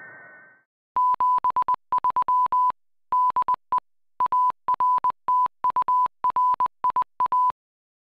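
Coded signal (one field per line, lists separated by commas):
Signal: Morse code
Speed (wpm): 20 wpm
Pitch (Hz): 1000 Hz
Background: none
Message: 73 DE ARTURIA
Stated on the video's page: Received on 28180 kHz with an MSI.SDR receiver.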